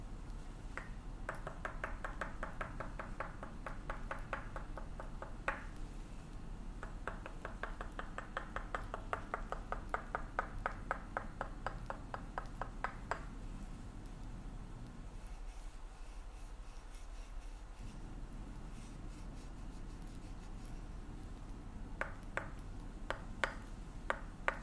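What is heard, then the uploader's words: Tok Sen Thai hammer massage on the back and neck: fast, regular wooden tapping in dense bursts through the first half, then sparser strikes near the end. A steady low hum runs underneath, briefly thinning around the fifteen-second mark. Tok Sen Thai hammer back and neck massage.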